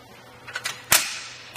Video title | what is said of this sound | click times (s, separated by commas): Does it Fit? Testing the RockyMounts MonoRail Bike Rack for 2 Bikes on a 2022 Chrysler Pacifica | tilting it back up you hear it click into place and now we can get the bike removed | 0.9 s